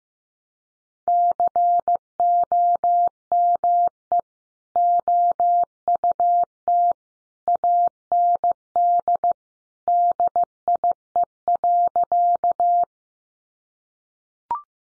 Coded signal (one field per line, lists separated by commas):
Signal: Morse code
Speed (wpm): 15 wpm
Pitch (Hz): 700 Hz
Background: none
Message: COME OUT AND DIE.